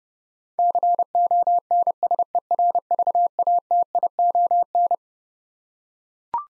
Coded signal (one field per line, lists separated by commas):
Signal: Morse code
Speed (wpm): 30 wpm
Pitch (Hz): 700 Hz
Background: none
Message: CONSERVATION